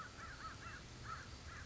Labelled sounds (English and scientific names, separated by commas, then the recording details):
American Crow (Corvus brachyrhynchos)
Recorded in Sonoma County, California